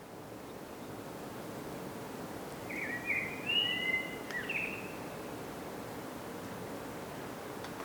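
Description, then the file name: Common blackbird singing a single whistled phrase, with a few faint clicks and quiet background noise. "Turdus merula"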